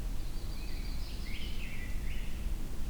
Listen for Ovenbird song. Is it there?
no